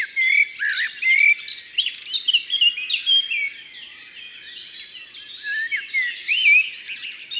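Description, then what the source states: Eurasian blackcap song, loud varied warbling with clear fluted whistles scattered through, continuous and rich. Recorded in Ardèche.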